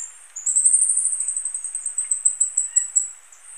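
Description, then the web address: Green-and-black fruiteater call: a sustained, very high, thin series of rapid notes, with a few soft lower chirps. Recorded in Ecuador. "Natures Songs S America Birds of Ecuador Green-and-black Fruiteater"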